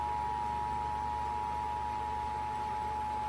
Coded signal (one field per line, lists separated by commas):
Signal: Emergency Alert System (SAME) tones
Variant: 853 and 960 Hz attention tone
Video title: Pennsylvania Required Monthly Test on MeTV (February 15, 2024) (EAS #998)